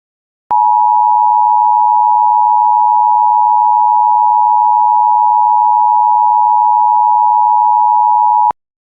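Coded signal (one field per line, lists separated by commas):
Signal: Emergency Alert System (SAME) tones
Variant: 853 and 960 Hz attention tone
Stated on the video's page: Simulated EAS mock of the 2016 National Periodic Test.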